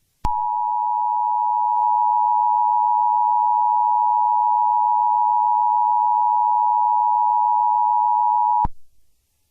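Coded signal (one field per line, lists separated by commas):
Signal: Emergency Alert System (SAME) tones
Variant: 853 and 960 Hz attention tone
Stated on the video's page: Fictional EAS scenario, simulated alert.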